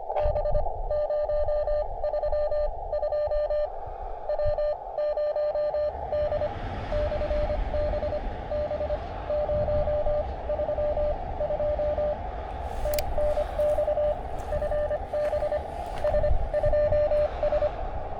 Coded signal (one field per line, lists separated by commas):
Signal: Morse code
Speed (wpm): 25 wpm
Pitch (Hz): 600 Hz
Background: radio noise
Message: B032 W0D/B B032 TNX FB S2S